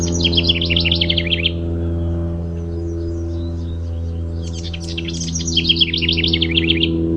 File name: HOWR song